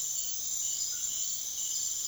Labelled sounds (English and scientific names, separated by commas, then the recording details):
none
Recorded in secondary vegetation near Puerto Asís, Putumayo, Colombia, on 24 June 2025 at 02:00
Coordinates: 0.500, -76.326
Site GP08